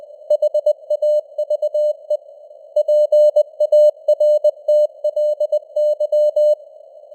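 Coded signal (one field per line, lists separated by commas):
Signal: Morse code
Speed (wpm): 20 wpm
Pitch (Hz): 600 Hz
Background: none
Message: HAVE PARTLY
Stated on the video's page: Simulated Morse news headlines at 20 wpm with simulated radio noise and varying signal strength (QSB).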